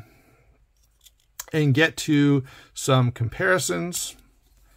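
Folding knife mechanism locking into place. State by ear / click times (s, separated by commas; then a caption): not seated / none. A reassembled folding knife is handled as it is about to be closed, with a couple of faint sharp handling sounds before someone talks. Nothing has locked or clicked into place yet; the clip ends before the folding knife mechanism locks closed.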